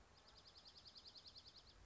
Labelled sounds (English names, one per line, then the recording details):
Dark-eyed Junco
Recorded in Sonoma County, California